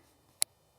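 After tightening the keyless chuck of a cordless drill on a bit, the knurled plastic chuck sleeve is turned back by one ratchet notch to lock it. A single sharp click rings out at 0.4 s against near silence. The sleeve seats into its locked position.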